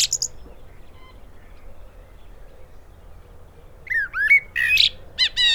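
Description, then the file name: Common blackbird phrase near the end: a few swooping whistles then rapid high squeaky twittering notes, after a brief high burst at the start and a long quiet stretch. "Turdus merula"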